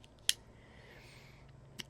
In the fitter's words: You can hear it's got a nice click.